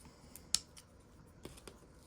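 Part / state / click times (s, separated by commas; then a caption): printed seat into scale model car body / seated / 0.5 s. A 3D-printed resin seat is slid back into a printed scale model car body until it snap-fits in place. A faint tick at 0.4 s is followed by a sharp, bright click at 0.6 s as the seat seats, then a few softer ticks near 1.5 and 1.7 s.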